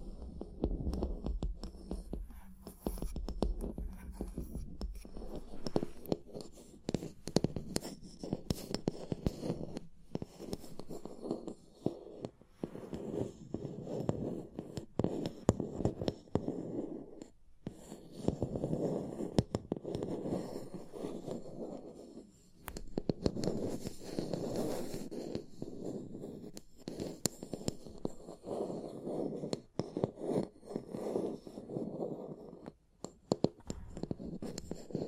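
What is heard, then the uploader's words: Tapping and scratching sounds fill the recording as a dense, busy stream of quick knocks and rough rubbing, mostly low and muffled with occasional brighter clicks. The activity continues throughout, with brief near-pauses around 17 and 23 seconds and a short dip near 33 seconds. Tapping and Scratching (No Talking).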